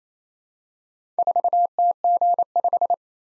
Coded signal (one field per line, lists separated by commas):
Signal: Morse code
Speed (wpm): 28 wpm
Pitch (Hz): 700 Hz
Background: none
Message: 4TG5